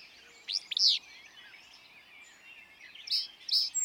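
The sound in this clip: Willow flycatcher song, a sharp burry two-part phrase given twice, about two and a half seconds apart, over a soft background chorus of other small birds.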